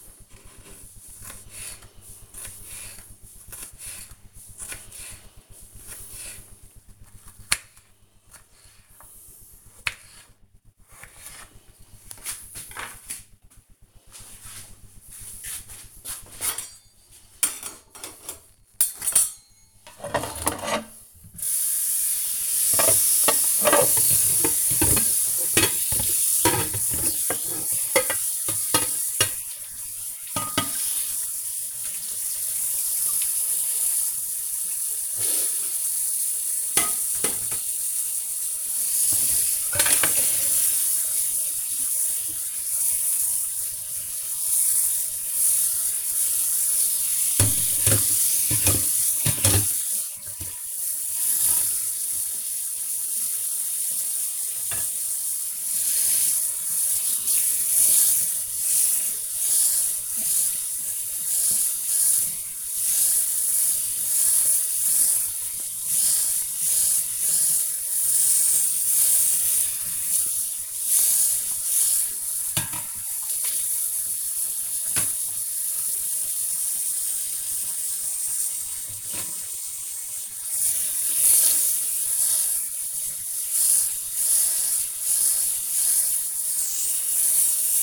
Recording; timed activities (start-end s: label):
household activities, microphone on the right wrist
0.00-12.09 s: cutting vegetables
20.14-87.83 s: washing dishes